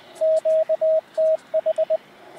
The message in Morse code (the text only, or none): QTH